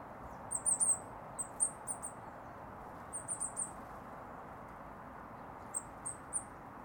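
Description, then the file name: Eurasian blue tit uttering very high, thin notes in quick clusters, with pauses between groups and a low steady hiss behind. "Cyanistes caeruleus"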